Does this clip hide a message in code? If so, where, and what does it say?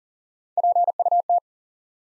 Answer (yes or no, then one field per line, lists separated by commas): yes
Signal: Morse code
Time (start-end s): 0.6-1.4 s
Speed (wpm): 40 wpm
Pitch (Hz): 700 Hz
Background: none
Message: PUT